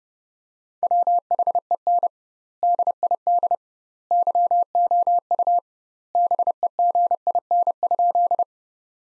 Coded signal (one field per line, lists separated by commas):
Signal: Morse code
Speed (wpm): 30 wpm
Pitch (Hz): 700 Hz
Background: none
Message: WHEN DID YOU BEGIN?